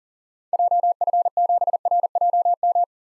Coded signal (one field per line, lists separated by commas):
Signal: Morse code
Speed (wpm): 40 wpm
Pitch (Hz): 700 Hz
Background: none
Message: JF7RJM